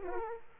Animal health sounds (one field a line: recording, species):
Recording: mosquito wingbeat signal from an infrared sensor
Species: Aedes aegypti